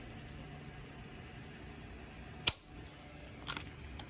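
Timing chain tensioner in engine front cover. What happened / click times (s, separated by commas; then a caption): Spring-loaded tensioner released with a sharp click / 2.5 s. With pressure held on the guide, the locking pin is pulled from the bank 2 timing chain tensioner in the engine front cover of a 2013 L405 Range Rover Supercharged. Over a steady low background hum, the plunger extends against the chain with a sharp click at 2.5 s, followed by fainter ticks around 3.5 s and 4.0 s. The tensioner is released.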